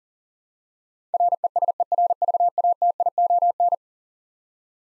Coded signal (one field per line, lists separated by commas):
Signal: Morse code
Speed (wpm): 40 wpm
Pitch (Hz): 700 Hz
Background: none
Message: RESERVATION